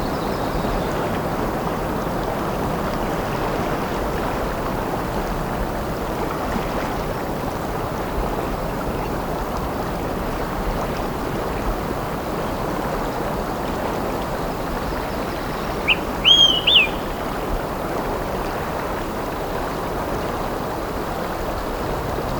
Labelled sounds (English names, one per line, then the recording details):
Olive-sided Flycatcher song
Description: Olive-sided Flycatcher song recorded on the Sun Valley Trail in Rocky Mountain National Park
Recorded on 8 June 2016